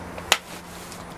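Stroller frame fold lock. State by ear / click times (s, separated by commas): seated / 0.3 s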